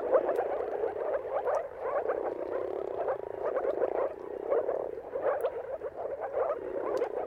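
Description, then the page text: Moor frogs croaking together, rapid bubbling pulses from many animals overlapping in a steady chorus that briefly thins before building again. Mating calls of many moor frogs in a dawn chorus at sunrise, at the turn of March and April, timing depending on the weather. "Jakub-Orzecki moor frogs. Dawn’s Chorus: Mating Calls of Marsh Frogs at Sunrise. Depending on the weather at the turn of March and April, you can witness an amazing spectacle of moor frogs"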